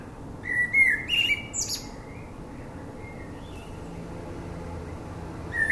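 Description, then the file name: Common blackbird song phrases, fluting whistles near the start followed by squeaky high twitters, then quiet with a new whistled phrase beginning at the end. "Turdus merula"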